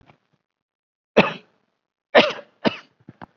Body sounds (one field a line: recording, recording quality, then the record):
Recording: shallow voluntary cough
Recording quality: excellent, no background noise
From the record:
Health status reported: COVID-19 positive, mild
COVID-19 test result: positive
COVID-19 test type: RT-PCR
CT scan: not taken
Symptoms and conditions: cough, fever, fatigue, hypertension, diabetes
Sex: male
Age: 67 years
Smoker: yes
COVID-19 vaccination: one dose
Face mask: not worn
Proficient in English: no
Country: India